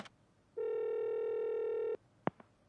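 A steady, buzzing telephone tone holds for over a second, then cuts off, followed by two quick, sharp clicks of a phone line, as a call is placed from a detective agency office. No one speaks.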